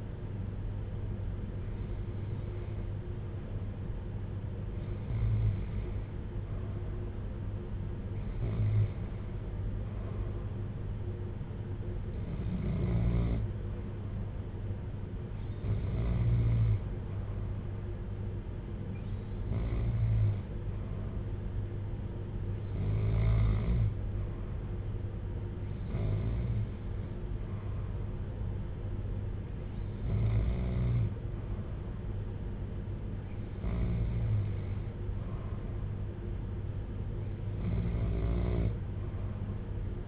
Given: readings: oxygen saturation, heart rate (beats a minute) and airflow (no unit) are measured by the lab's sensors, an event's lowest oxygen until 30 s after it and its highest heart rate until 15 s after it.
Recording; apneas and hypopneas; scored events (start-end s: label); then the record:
breathing in sleep by a smartphone at the bedside; none
none scored
From the record:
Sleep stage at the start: N2 (light sleep); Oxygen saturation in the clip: 92 to 93%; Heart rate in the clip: 56 to 63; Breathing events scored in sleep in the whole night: 310 in 8.1 hours asleep